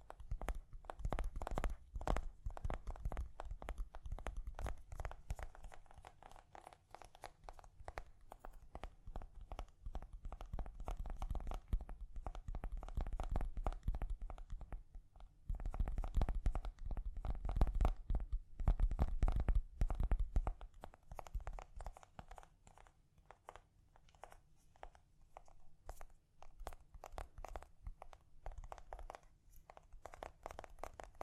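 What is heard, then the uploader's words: Gentle tapping in dense, quick, uneven clusters of soft taps runs through the whole stretch, mostly low and muffled with some crisp crinkly edges. The taps thicken and grow louder around fifteen to twenty-one seconds, then thin out and soften toward the end. ASMR Gently Tapping You to Sleep (No Talking).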